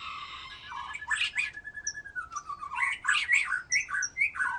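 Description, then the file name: White-rumped shama singing a varied phrase of harsh notes, a long level whistle and quick slurred notes, ending in bright rising and falling whistles. "murai batu"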